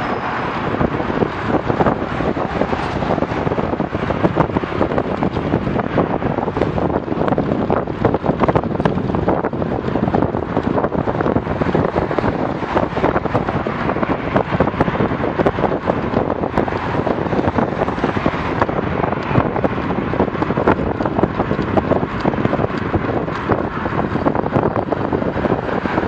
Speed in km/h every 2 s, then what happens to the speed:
33, 32, 33, 32, 32, 32, 32, 33, 34, 35, 36, 37, 38.
0-26 steady at about 33.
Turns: none.